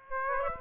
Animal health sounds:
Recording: mosquito wingbeat signal from an infrared sensor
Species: Aedes aegypti

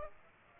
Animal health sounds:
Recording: mosquito wingbeat signal from an infrared sensor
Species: Aedes aegypti

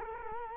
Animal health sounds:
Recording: mosquito wingbeat signal from an infrared sensor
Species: Culex quinquefasciatus

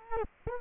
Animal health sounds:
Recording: mosquito wingbeat signal from an infrared sensor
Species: Culex quinquefasciatus

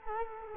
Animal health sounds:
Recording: mosquito wingbeat signal from an infrared sensor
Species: Culex quinquefasciatus

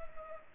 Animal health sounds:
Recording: mosquito wingbeat signal from an infrared sensor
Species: Culex pipiens

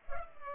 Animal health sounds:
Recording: mosquito wingbeat signal from an infrared sensor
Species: Culex pipiens

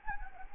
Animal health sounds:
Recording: mosquito wingbeat signal from an infrared sensor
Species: Anopheles gambiae

